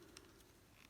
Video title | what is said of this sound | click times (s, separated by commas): Transformers Legacy Deluxe Class Lift-Ticket Review | this will click into place and then that kind of wheels along | 0.2 s